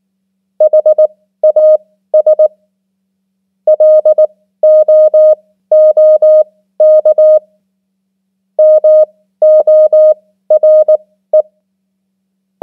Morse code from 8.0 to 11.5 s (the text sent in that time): MORE